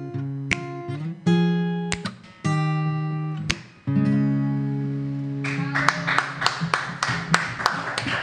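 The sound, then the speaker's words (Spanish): Sharp finger snaps crack over sustained musical chords, scattered at first and then coming in a quicker, busier run of bright clicks toward the end. No one speaks. “No, no, creo que los chasquidos son importantes.”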